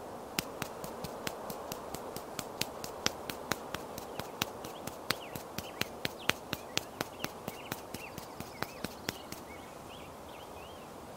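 Makeup being done outdoors on a sunny day, with a quick, very regular series of sharp taps or clicks that continues for about nine seconds and then stops. Faint bird chirps come and go over a steady, low background murmur.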